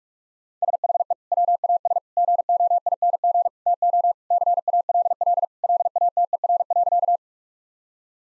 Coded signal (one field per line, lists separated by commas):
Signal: Morse code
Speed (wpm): 41 wpm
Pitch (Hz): 700 Hz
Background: none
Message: SHE WAS GOING TO CALL LATER.